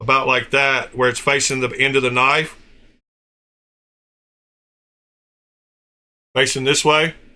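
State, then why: Not seated. Someone talks while rotating the pivot of a folding knife during reassembly, turning it so it faces the end of the knife, followed by a stretch of silence and more talk. The pivot has not yet locked into place, and nothing has seated or clicked yet.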